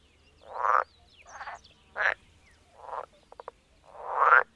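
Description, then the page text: Pool frog giving several separate croaks, a quick run of short clicks, then one long loud croak to close. "Голоса амфибий Лягушка прудовая (Pelophylax lessonae)"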